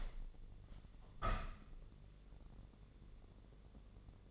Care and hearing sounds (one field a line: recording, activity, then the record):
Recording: daily activity, microphone in the room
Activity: open window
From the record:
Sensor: 4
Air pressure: 1013.2 hPa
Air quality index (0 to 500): 172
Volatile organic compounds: 2 ppm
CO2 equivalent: 1080 ppm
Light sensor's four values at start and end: 61/151/62/64 and 62/152/63/65